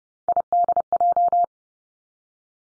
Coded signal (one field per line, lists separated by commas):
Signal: Morse code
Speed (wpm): 30 wpm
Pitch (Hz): 700 Hz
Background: none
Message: IDJ